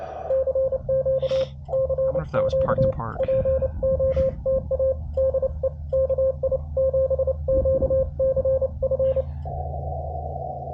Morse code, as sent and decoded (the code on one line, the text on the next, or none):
-.-. --.- / -.-. --.- / .--. --- - .- / -.. . / -.- .. --... --.- -.-. ..-.
CQ CQ POTA DE KI7QCF